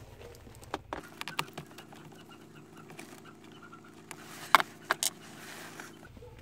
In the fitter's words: scatti clip. Il pannello che è venuto e si appoggiò verso il basso.